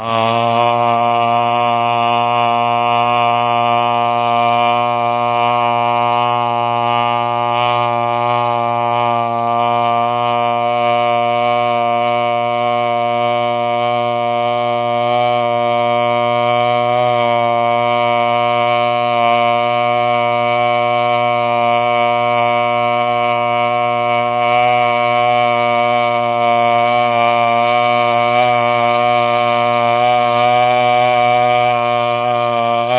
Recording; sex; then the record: sustained vowel /a/; male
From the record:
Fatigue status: no fatigue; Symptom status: asymptomatic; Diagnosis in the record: COVID-19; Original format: 3gp